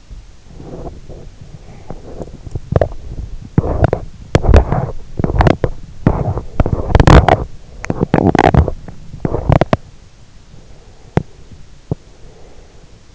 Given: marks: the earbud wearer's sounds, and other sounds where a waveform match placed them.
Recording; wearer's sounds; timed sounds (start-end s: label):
sounds in sleep by an in-ear microphone; body movement, breath
0.00-12.75 s: body movement
10.35-13.15 s: breath